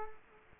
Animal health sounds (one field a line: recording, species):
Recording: mosquito wingbeat signal from an infrared sensor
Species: Culex quinquefasciatus